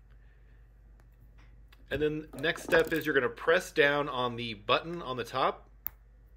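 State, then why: Seated. Someone talks while the cam button on top of a mechanical fiber optic field-termination connector is pressed down to cam the connector onto the fiber. A single sharp click sounds at 5.9 s, and the connector is fully cammed into place.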